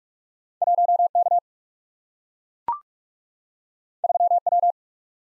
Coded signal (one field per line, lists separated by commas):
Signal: Morse code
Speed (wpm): 44 wpm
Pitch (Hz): 700 Hz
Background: none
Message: 1K 3W